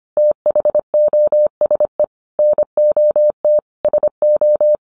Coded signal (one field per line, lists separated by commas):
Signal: Morse code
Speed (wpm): 25 wpm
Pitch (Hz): 600 Hz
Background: none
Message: THOSE NOT SO